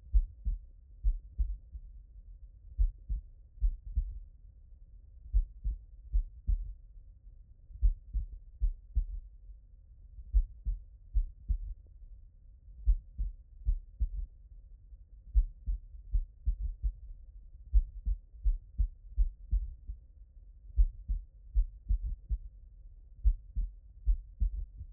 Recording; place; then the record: heart sounds by stethoscope; tricuspid valve (TV)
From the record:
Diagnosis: non-HFrEF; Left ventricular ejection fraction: 55%